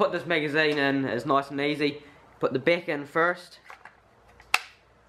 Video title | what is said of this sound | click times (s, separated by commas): #17 Tikka T3 223Rem Shoot & Review | you just clip the front end you hear it click see you know that it's well suddenly a nice and secure then | 4.5 s